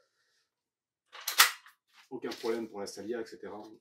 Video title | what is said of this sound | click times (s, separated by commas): Airsoft - retour sur la MK18 Marui GBBR | on peut poser dans la terre il y a aucun problème ça en plus ça clipse nickel ça bouge pas on va pas se mentir | 1.3 s, 1.4 s